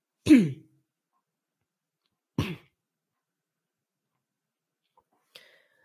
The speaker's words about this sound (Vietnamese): xin lỗi các bạn, do mình bị ho liên tục quá, có lẽ là mình xin phép dừng lại ở đây.